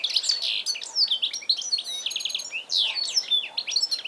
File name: Carduelis carduelis